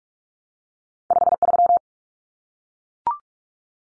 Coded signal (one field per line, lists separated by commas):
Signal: Morse code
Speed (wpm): 44 wpm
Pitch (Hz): 700 Hz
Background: none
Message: 53